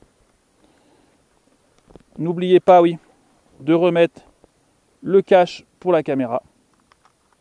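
A plastic protective cover is being put back over the gimbal camera of a folding DJI Mavic Mini drone while someone talks. A few soft ticks of handling come through around 1.8–2.0 s and again near 6.9–7.3 s. The cover has not clicked into place yet.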